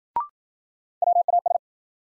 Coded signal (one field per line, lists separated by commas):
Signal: Morse code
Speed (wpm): 55 wpm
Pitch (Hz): 700 Hz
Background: none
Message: WAS